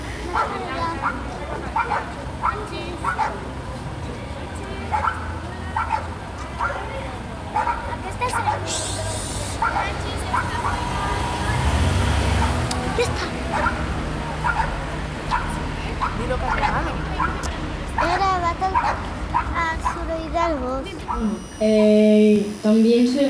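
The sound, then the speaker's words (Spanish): Several dogs in a neighbourhood bark over and over, their yaps and woofs overlapping at an uneven rhythm across a steady background murmur with some indistinct voices, before a brief tonal hum near the end. “Creo que en el barrio es y también se escuchan muchos perros.”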